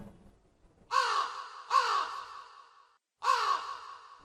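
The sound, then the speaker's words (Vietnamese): A crow caws three times behind a house at five in the morning, around daybreak, harsh and loud, the calls coming in quick succession with a brief pause before the last one. No voices are heard. “Năm giờ sáng, tiếng quạ kêu sau nhà làm cho thím Tám tỉnh ngủ.”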